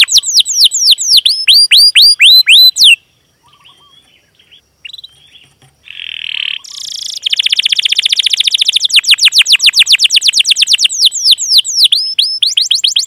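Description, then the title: Canary song with quick falling whistled notes, a quiet pause with faint chips, then a harsh buzz and a long run of rapid repeated sweeps. Lure song (pancingan) of a canary described as singing vigorously and at length, with a full repertoire of song content. "PANCINGAN Kenari GACOR PANJANG. Pancingan Gacor Full Isian"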